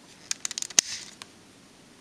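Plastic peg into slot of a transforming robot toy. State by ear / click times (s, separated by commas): seated / 0.8 s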